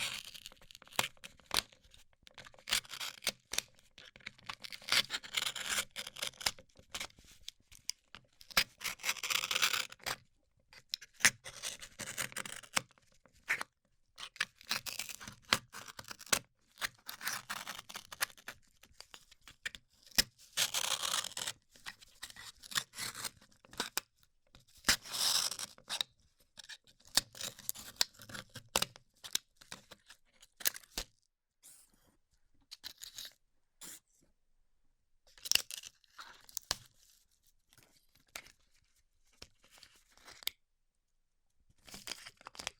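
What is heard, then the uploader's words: A band-aid is ripped off in a string of short, bright tearing and crinkling bursts, scattered irregularly through the clip with brief silences between them. A few longer rasping rips stand out, around ten, twenty-one and twenty-five seconds, among many quick ticks and snaps. ASMR Ripping Off the Band Aid (No Talking).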